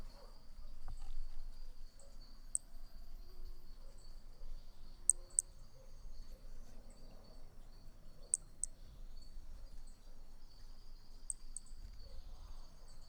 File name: B hermogenesi Picinguaba ind 3 ex 4 perdeu uma nota 13 dez 2017 MRB